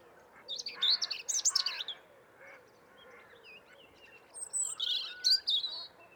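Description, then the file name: European robin song, two bursts of high, liquid warbling notes separated by a quiet pause, over a constant low background hiss. "Robin singing"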